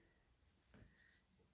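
The female half of a plastic snap fastener is picked up and lined up after the male half has been pushed through a fabric basket and its webbing handle. Faint handling rustle is heard, with a soft low thump around 0.8 s. The snap has not clicked or seated yet.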